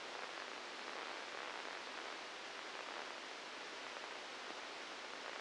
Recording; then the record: brain microelectrode recording played as sound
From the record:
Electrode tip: inside the subthalamic nucleus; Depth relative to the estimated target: 1 mm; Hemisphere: right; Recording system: NeuroSet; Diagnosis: Parkinson's disease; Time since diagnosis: 8 years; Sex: male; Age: 59 years